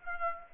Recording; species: mosquito wingbeat signal from an infrared sensor; Aedes aegypti